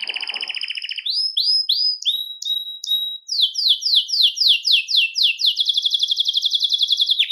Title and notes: Canario Belga, nyonyastudio